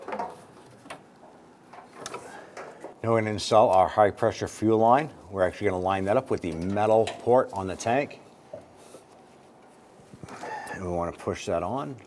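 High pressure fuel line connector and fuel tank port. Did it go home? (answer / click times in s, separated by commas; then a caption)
no / none. A high pressure fuel line connector is lined up with the metal port on the fuel tank of a 1994–2004 Ford Mustang before being pushed on. Someone talks while brief handling taps and rustles are heard. Nothing has seated or clicked yet.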